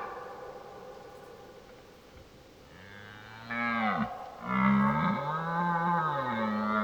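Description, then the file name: Red deer stag bellowing: after a quiet opening, two deep, groaning roars in close succession, the second louder and rougher. Old stag roaring during the rut (burlen). "Burlen oud hert"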